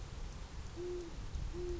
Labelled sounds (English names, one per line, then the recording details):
Great Horned Owl
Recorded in Sonoma County, California